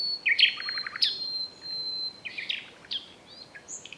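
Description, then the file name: Common nightingale song: a sharp note and a quick run of stuttered lower notes over a long thin high whistle, then scattered brief chirping phrases. "Luscinia megarhynchos"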